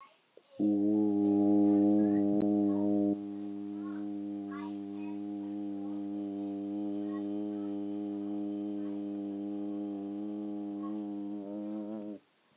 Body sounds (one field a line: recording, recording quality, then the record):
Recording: sustained vowel as in boot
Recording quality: excellent, no background noise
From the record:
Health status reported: healthy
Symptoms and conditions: none ticked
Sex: male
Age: 38 years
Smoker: not ticked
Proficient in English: yes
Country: United States